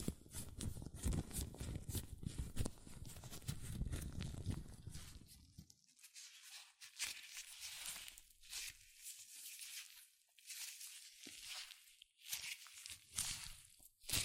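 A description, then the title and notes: Latex gloves rub and snap in busy, crinkly bursts, with heavy low rubbing for six seconds, then lighter, brighter squeaks and stretches. ASMR Latex Gloves Hand Sounds (No Talking).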